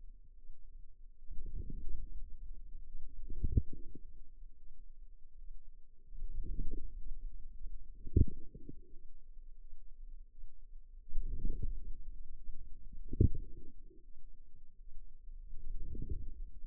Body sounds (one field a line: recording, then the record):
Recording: forearm muscle sounds (acoustic myography)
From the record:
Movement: outward rotation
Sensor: system 2, bracelet of six BSWA MPA416 microphones around the upper forearm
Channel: 1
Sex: female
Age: 23 years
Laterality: right